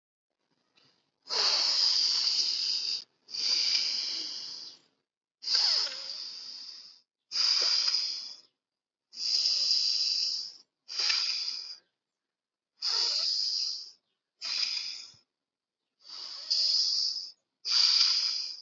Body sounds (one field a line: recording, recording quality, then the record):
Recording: deep breathing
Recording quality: excellent, no background noise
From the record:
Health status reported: healthy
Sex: male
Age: 20 years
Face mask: not worn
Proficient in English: yes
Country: India